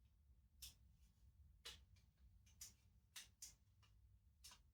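A small plastic part is handled over the body of a plastic Scalextric Pro Performance slot-car kit, about to be pressed into a socket. Several short, sharp ticks and taps sound over a low, steady background rumble, the loudest at about 2.6, 3.2 and 3.4 seconds. Nothing has seated or clicked into place yet.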